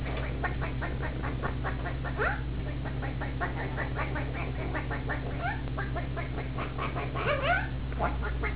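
Chicken: dense stream of short clucks from several chickens, with occasional higher squawking notes near the middle and end, under a constant low hum.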